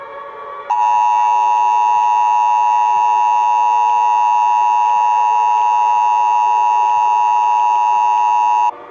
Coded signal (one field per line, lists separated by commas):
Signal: Emergency Alert System (SAME) tones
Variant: 853 and 960 Hz attention tone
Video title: EAS SCENARIO 1= nightmare decrane and reverse victora